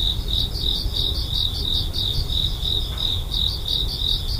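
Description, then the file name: Cricket song, shrill rapid chirps repeating steadily over a soft low rumble. "korogi"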